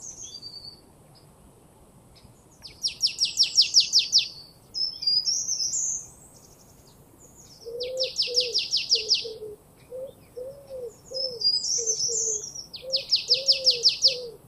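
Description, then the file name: Marsh tit calls: three runs of rapid, buzzy, scolding notes, each lasting over a second, with lower soft repeated hoots in the background. "Poecile palustris"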